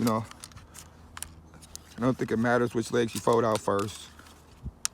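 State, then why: Seated. Someone talks while unfolding a plastic arm on an Eachine E511S foldable GPS quadcopter, swinging it out on its hinge in the drone body, with a few faint handling ticks in the background. At 4.9 s a sharp click sounds as the arm locks open and seats into place.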